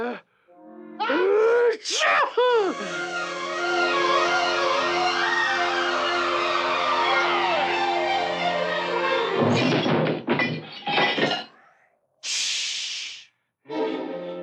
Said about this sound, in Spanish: A buena hora se te ocurre estornudar. No puedo evitarlo. ¿Qué quieres que haga? Cuando se viene, se viene.